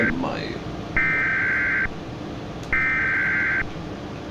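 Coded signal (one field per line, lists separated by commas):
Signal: Emergency Alert System (SAME) tones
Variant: header bursts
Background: speech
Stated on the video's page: Fictional EAS scenario.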